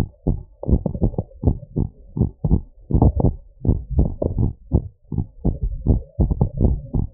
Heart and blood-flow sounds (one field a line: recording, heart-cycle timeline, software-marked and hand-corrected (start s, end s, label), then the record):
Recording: heart sounds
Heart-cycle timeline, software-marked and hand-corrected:
0.00	0.08	S1
0.08	0.28	systole
0.28	0.38	S2
0.38	0.70	diastole
0.70	0.82	S1
0.82	1.02	systole
1.02	1.12	S2
1.12	1.46	diastole
1.46	1.58	S1
1.58	1.78	systole
1.78	1.88	S2
1.88	2.20	diastole
2.20	2.30	S1
2.30	2.50	systole
2.50	2.62	S2
2.62	2.94	diastole
2.94	3.12	S1
3.12	3.26	systole
3.26	3.36	S2
3.36	3.66	diastole
3.66	3.78	S1
3.78	3.96	systole
3.96	4.10	S2
4.10	4.40	diastole
4.40	4.52	S1
4.52	4.72	systole
4.72	4.82	S2
4.82	5.16	diastole
5.16	5.26	S1
5.26	5.46	systole
5.46	5.56	S2
5.56	5.88	diastole
5.88	6.00	S1
6.00	6.20	systole
6.20	6.32	S2
6.32	6.62	diastole
6.62	6.78	S1
6.78	6.96	systole
6.96	7.08	S2
7.08	7.14	diastole
From the record:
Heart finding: normal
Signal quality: good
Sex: male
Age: 79 years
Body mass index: 24.3